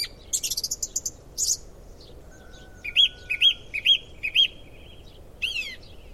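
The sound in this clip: Song thrush singing: a quick rattle of high notes, then a clear looping whistled phrase repeated four times evenly, ending with a high descending flourish.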